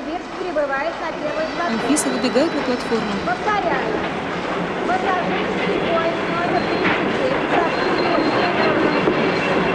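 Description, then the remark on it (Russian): A train rolls past with a loud, steady rumble, its wheels letting out shifting metallic squeals and whines over the continuous roar for the full ten seconds. “Анфиса смотрит на проезжающий мимо градирен поезд.”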